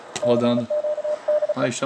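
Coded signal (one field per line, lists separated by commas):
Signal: Morse code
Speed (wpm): 37 wpm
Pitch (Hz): 600 Hz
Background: speech, radio noise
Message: CQ DE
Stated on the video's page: DX CW on the 20 m band.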